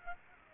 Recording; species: mosquito wingbeat signal from an infrared sensor; Aedes aegypti